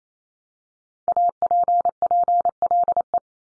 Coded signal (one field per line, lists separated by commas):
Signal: Morse code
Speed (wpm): 28 wpm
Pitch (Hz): 700 Hz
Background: none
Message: APPLE